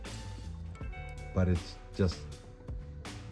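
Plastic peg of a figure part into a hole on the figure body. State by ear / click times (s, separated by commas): not seated / none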